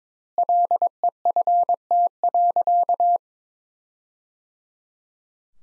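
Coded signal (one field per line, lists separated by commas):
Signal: Morse code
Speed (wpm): 22 wpm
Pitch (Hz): 700 Hz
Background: none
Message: LEFT.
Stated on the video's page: Practice sentences from top 300 words at 22 wpm with double word spacing, a word-level Farnsworth-like method.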